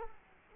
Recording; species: mosquito wingbeat signal from an infrared sensor; Culex quinquefasciatus